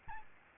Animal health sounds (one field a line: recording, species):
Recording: mosquito wingbeat signal from an infrared sensor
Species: Aedes albopictus